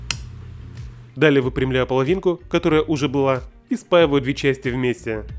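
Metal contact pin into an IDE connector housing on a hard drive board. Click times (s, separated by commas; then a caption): 0.1 s. A salvaged metal contact pin is pushed into the empty slot of the IDE connector housing on the board of a Fujitsu MPF3102AT hard drive. A sharp click at 0.1 s marks the pin seating in the housing. Someone talks for the rest of the clip.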